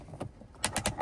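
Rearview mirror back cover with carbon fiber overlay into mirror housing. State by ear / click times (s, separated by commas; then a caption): not seated / none. With the wires and plastic glides in place, the plastic back cover of a 2017+ Model 3 or Model Y rearview mirror, fitted with a real molded carbon fiber overlay, is handled against the mirror housing before being pressed on. Soft plastic handling taps come near 0.2 s, followed by a few sharper ticking taps around 0.6–0.9 s. Nothing has seated or clicked yet.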